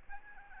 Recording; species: mosquito wingbeat signal from an infrared sensor; Aedes albopictus